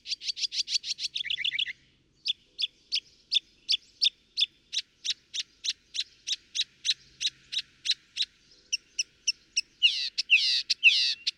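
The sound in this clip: Northern mockingbird song: a quick trill, a pause, then a steady series of high clipped notes, ending with loud sweeping, warbled phrases.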